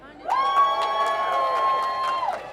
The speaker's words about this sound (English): Before I get started, can I get a loud cheer for all of you guys, all of you amazing people that showed up today?